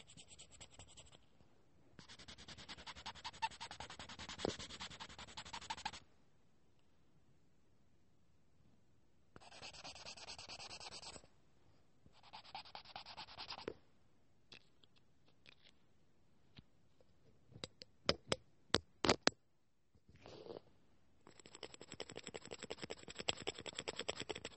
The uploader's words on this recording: Lots of tapping and much more.